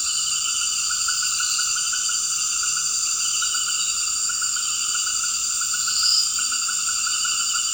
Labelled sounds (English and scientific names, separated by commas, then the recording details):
none
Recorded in dense forest near Puerto Asís, Putumayo, Colombia, on 18 February 2024 at 18:30
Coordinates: 0.481, -76.318
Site G6421